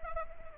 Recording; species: mosquito wingbeat signal from an infrared sensor; Anopheles gambiae